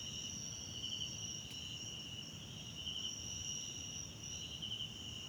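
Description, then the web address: Cricket chorus of constant shrill trilling with brighter pulses now and then, one brief click, and faint low rumbling noise. South African crickets in the background at night in a wetland park at Kosi Forest Lodge, South Africa. "Tonschliff - SOUTH AFRICAN CRICKETS BG South Africa Wetland Park Kosi Forest Lodge Night"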